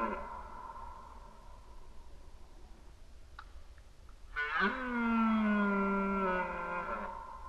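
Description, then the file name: Red deer: the tail of one roar fading at the start, quiet, then a strong, sustained harmonic bellow of nearly three seconds. Recorded during the rut in 2011. "rykowisko 2011"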